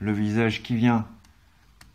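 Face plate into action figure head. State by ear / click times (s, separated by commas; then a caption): seated / 1.8 s. Someone talks while the helmet is removed from a plastic Maketoys MTRM-08 Despotron (Megatron) Transformers figure and its swappable face plate is pressed into the head. After a faint tick near 1.3 s, a sharp click at 1.8 s marks the face clipping flat into place.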